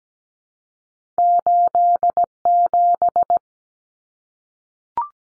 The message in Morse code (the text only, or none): 87